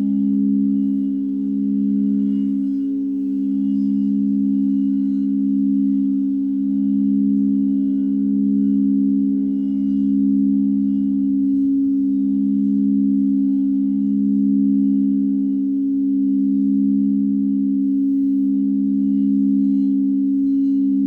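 Crystal bowls ring in a low, continuous drone, their pure tones held without a break for the whole stretch. The sound swells and ebbs in a slow, regular wavering every couple of seconds, with only a faint shimmer of higher overtones above.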